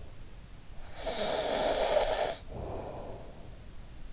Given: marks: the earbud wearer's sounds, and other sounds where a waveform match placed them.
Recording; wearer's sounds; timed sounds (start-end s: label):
sounds in sleep by an in-ear microphone; snoring breath
0.47-3.56 s: snoring breath